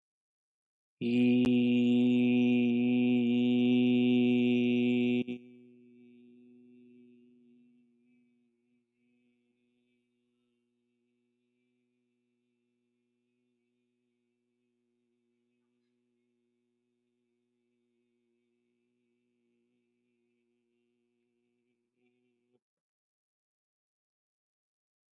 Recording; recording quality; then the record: sustained vowel as in beet; excellent, no background noise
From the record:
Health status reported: respiratory illness, not identified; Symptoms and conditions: asthma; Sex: male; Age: 23 years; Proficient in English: yes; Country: India